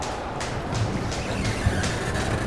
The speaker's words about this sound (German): Was gibt es alles auf dem Bahnhof? Willkommen in Frankfurt Hauptbahnhof.